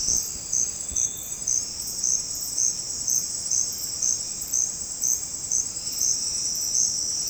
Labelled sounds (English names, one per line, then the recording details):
none
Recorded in dense forest near Puerto Asís, Putumayo, Colombia, on 19 February 2024 at 08:00
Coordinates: 0.472, -76.329
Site G6394